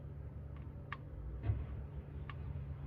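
An oil drain plug in an engine oil pan is unscrewed by hand while being pushed in, giving small sharp clicks at 0.9 s and 2.3 s over a steady low hum. The clicks show the plug has reached the end of its thread and is released, ready to be pulled out.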